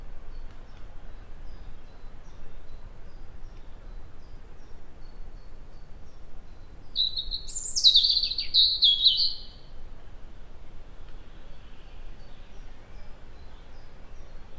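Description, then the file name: European robin song: one high, liquid phrase of thin whistles and rapid trilled notes lasting a few seconds, otherwise quiet. "Erithacus rubecula"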